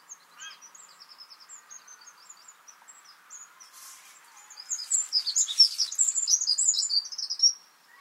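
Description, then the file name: Eurasian wren song: soft high chips early, then a loud rapid run of shrill trills and twitters building in the second half. "Troglodytes troglodytes"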